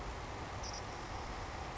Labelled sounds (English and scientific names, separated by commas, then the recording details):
Savannah Sparrow (Passerculus sandwichensis)
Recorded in Sonoma County, California